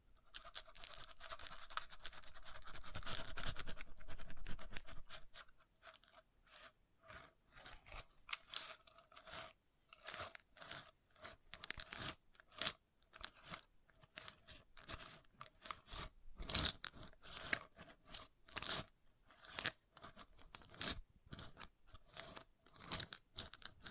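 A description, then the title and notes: Wood triggers: about four seconds of dense, building scratching on wood open the clip, then give way to separate crunchy taps and short scrapes at an uneven pace. The sounds are bright and crisp, and a faint steady hum runs underneath. ASMR Calming Wood Triggers for Sleep (No Talking).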